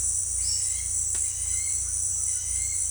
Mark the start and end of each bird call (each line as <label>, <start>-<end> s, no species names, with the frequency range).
bird call (1.4-4.5 kHz), 0.44-0.92 s
bird call (1.3-4.9 kHz), 1.19-1.85 s